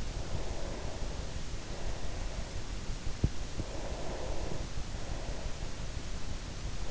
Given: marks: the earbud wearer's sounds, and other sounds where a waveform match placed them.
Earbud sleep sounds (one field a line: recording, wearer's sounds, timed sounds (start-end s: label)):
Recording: sounds in sleep by an in-ear microphone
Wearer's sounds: breath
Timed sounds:
0.17-2.25 s: breath
3.68-5.63 s: breath